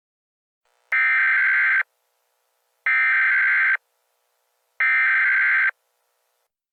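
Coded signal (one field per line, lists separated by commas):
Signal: Emergency Alert System (SAME) tones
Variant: header bursts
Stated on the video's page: Fictional EAS scenario, made for entertainment, of a subway sarin attack.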